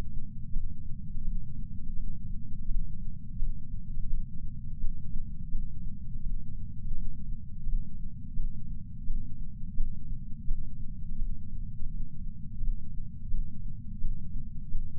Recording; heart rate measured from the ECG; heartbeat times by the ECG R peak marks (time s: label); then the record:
heart sounds by patch sensor on the chest; 85 bpm
0.51 s: heartbeat
1.22 s: heartbeat
1.94 s: heartbeat
2.66 s: heartbeat
3.37 s: heartbeat
4.08 s: heartbeat
4.79 s: heartbeat
5.49 s: heartbeat
6.21 s: heartbeat
6.92 s: heartbeat
7.63 s: heartbeat
8.34 s: heartbeat
9.05 s: heartbeat
9.75 s: heartbeat
10.45 s: heartbeat
11.16 s: heartbeat
11.87 s: heartbeat
12.58 s: heartbeat
13.29 s: heartbeat
13.99 s: heartbeat
14.69 s: heartbeat
From the record:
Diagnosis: coronary artery disease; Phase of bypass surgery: postoperative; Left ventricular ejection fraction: 68.7%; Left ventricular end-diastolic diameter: 42 mm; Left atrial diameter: 41 mm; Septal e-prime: 3.9 cm/s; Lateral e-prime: 4.9 cm/s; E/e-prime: 19.8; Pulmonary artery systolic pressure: 30 mmHg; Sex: female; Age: 73 years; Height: 160 cm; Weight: 70 kg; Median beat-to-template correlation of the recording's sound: 0.85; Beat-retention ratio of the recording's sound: 0.98